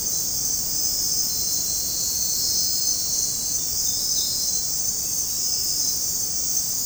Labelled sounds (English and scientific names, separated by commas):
none